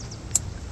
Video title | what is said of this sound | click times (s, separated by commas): VCM Muzzler install on 4th Gen Honda Odyssey (2011-2017) 3.5 L J35Z8 V6 | All right, it's on top now. Press it down and you'll hear a click | 0.4 s